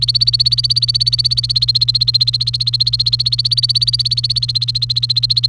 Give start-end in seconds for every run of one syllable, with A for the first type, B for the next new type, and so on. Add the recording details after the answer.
0.00-5.47 A. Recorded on 28 April 2018 at 16:33. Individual llb3